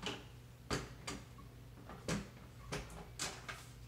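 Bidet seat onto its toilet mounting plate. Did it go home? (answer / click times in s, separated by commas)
no / none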